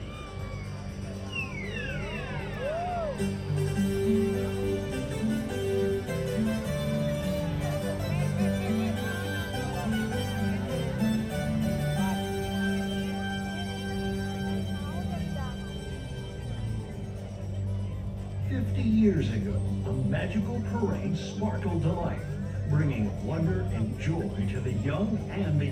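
The Main Street Electrical Parade plays as a steady wash of layered music, with a bouncy low pulse and bright sustained tones running throughout. A crowd murmurs and talks underneath, and some sweeping, swooping tones rise and fall near the start and again after nineteen seconds.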